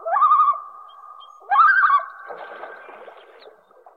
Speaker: A nur brzmi, proszę państwa, właśnie tak.